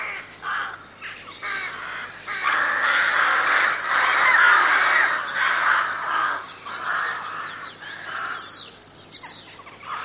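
Crows cawing, a dense chorus of harsh, overlapping caws that swells in the middle, with scattered higher calls near the end.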